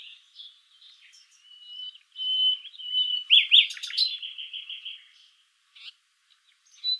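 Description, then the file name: Common nightingale singing a varied phrase: thin high whistles, a steady held note, then a rapid burst of repeated notes that fades into quieter twitters. "Luscinia megarhynchos"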